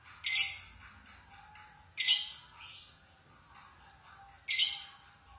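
Lovebird squawks, three harsh high shrieks, each dropping off quickly into faint twittering.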